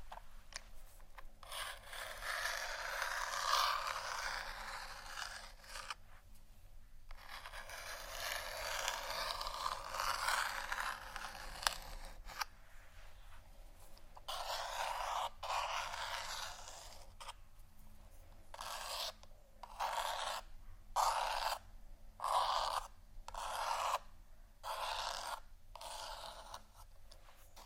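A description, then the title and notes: Scratching and rubbing strokes with a dry, raspy texture, running in long stretches broken by short silent gaps. Near the end the strokes turn into brief separate bursts, repeated quickly and fairly regularly. The sound is bright and airy with little low end. ASMR Scratch & Tap For Your Nap（No Talking）.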